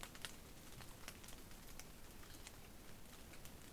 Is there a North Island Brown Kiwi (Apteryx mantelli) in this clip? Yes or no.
no